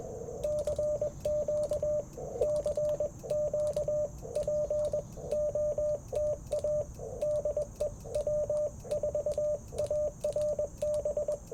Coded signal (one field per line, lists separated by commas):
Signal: Morse code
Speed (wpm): 21 wpm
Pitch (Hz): 600 Hz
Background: radio noise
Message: CQ CQ POTA DE W4ARB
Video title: Morning Morse Code - 09/24/2024